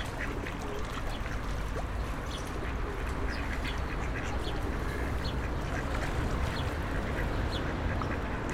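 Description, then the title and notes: Duck quacks, brief and harsh, come now and then over a constant roar of passing vehicles. Ducks being fed by passers-by on the Old Town Promenade, Stare Miasto, Wrocław, at 16:00; passing cars and buses; Sony PCM-D50 recorder, Rode NT4 microphone, FEL BMA preamplifier. "Kaczki i gołębie na Promenadzie Staromiejskiej cz.1 Lokalizacja: Stare Miasto Czas: 16.00. Kaczki i gołębie karmione przez przechodniów. Odgłosy przejeżdżających samochodów i autobusów. Autor nagrania: Bartosz Grzyb"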